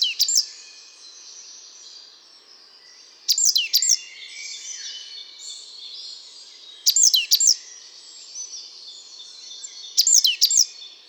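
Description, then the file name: Great tit producing tight pairs and triplets of sharp, falling high notes roughly every three to four seconds, while other birds twitter continuously in the background. "Parus major"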